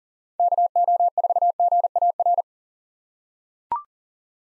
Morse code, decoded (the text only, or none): KO4GAR